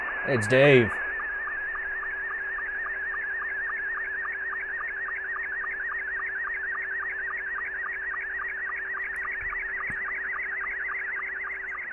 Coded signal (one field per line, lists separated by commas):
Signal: SSTV (slow-scan television)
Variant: Scottie 2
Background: speech